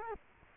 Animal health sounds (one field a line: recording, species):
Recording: mosquito wingbeat signal from an infrared sensor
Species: Culex quinquefasciatus